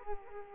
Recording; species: mosquito wingbeat signal from an infrared sensor; Culex quinquefasciatus